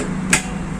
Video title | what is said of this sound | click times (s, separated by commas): Honda activa की seat lock न हो तो कैसे सही करे/Honda activa seat lock repair kaise kare | देखिए, हल्का सा घुमाऊंगा और की से अनलॉक हो जाएगा। | 0.3 s